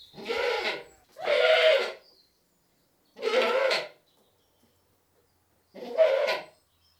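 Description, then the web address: Goat giving four bleats, the first two close together, then two more separated by longer pauses. British goat bleating; livestock. "The BBC Sound Effects Library. British Goat Bleating 1"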